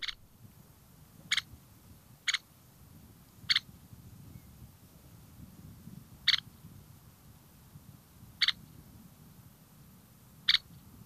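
Red-necked Phalarope calls: crisp, high, clipped notes given singly at irregular gaps of one to three seconds, with a faint low rumble beneath.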